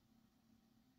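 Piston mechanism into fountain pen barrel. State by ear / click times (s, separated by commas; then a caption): not seated / none. The plastic piston rod and mechanism of a TWSBI Eco piston-filler fountain pen are handled and repositioned in the pen barrel, with only a steady low hum and faint background noise audible. Nothing has seated or clicked yet.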